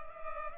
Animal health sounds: mosquito wingbeat signal from an infrared sensor; Culex pipiens

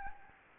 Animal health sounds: mosquito wingbeat signal from an infrared sensor; Anopheles gambiae

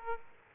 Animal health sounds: mosquito wingbeat signal from an infrared sensor; Aedes aegypti

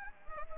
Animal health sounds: mosquito wingbeat signal from an infrared sensor; Anopheles gambiae

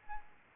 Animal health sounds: mosquito wingbeat signal from an infrared sensor; Aedes albopictus

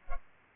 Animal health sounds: mosquito wingbeat signal from an infrared sensor; Culex pipiens

